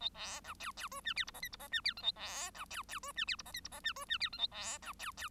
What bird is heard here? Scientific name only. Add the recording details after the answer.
Lonchura striata domestica. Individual Bird1